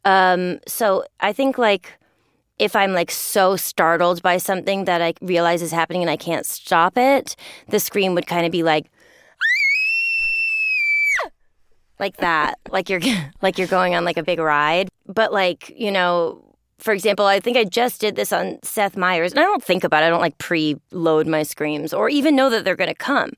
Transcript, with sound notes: So I think, like, if I'm, like, so startled by something that I realize is happening and I can't stop it, the scream would kind of be like (screaming). Like that. Like you're, like, you're going on, like, a big ride. But, like, you know, for example, I think I just did this on "Seth Meyers" and I don't think about it. I don't, like, preload my screams or even know that they're going to come.